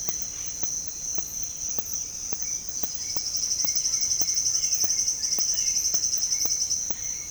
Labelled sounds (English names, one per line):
Orange-winged Amazon